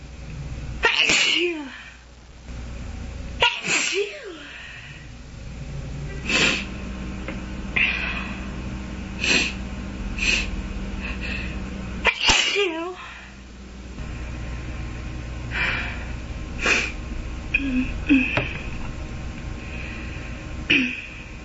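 Three forceful sneezes from an adult woman, with short sharp sniffs and nasal sounds between them.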